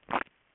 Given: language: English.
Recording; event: throat vibration sensor signal played as sound; swallow